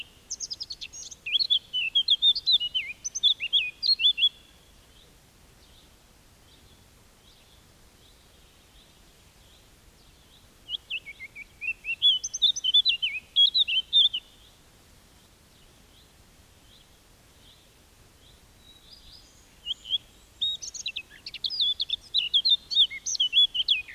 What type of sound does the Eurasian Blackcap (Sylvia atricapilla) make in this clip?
song